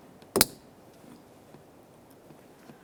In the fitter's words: Press it in, listen for a click from that.